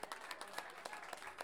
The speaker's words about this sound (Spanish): Bien, un aplauso a Daniela Segunda.